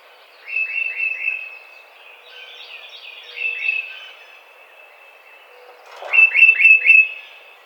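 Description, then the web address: Tufted titmouse giving three phrases of quick downslurred whistles, with softer notes between. Recorded 30 April 2009. "Tufted Titmouse 2009 04 30"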